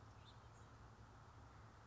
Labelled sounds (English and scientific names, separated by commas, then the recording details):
House Finch (Haemorhous mexicanus)
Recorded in Sonoma County, California